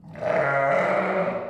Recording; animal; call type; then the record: contact call of a hoofed animal; sheep; low-frequency (closed-mouth) or high-frequency (open-mouth) call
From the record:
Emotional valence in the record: positive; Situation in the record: reunion with pen mate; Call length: 1.50 s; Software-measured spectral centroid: 1310 Hz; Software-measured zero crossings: 1580 a second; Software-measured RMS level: -24 dBFS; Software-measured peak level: -11 dBFS